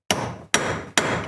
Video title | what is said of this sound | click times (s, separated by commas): [ TUTO ] Changement joints pompe huile et eau BMW série K | tu entends le TAC ah oui | 0.1 s, 0.5 s, 1.0 s